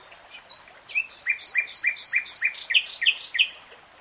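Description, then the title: Nightingale singing a rhythmic phrase of many sharp, quickly repeated down-slurred notes, led in by a few soft notes. Singing, from a 3-hour real-time recording. "[Tiếng chim hót] REALTIME Nightingale Singing"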